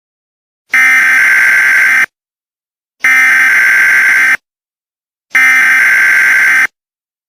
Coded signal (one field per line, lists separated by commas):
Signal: Emergency Alert System (SAME) tones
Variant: header bursts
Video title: EAS- Nuclear attack warning UK